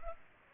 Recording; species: mosquito wingbeat signal from an infrared sensor; Culex pipiens